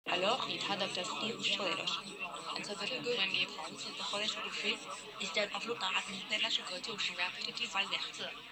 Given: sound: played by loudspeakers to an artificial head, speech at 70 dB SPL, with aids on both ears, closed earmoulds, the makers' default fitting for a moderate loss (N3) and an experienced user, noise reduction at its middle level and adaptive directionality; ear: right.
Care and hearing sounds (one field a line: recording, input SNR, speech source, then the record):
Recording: speech test signal (ISTS) in cocktail-party noise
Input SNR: -3 dB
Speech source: on the right (90 degrees)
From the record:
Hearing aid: class 1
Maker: I